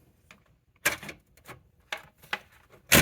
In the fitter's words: it until it clicks click so basically you need the two